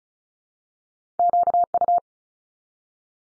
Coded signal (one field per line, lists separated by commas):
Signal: Morse code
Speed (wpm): 36 wpm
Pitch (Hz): 700 Hz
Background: none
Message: QU